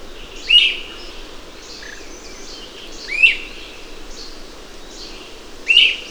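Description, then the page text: Great crested flycatcher giving loud, rising whistled wheep calls, three spaced about two and a half seconds apart, over a steady hiss of background noise. "Great Crested Flycatcher. Audio (M. Oberle)"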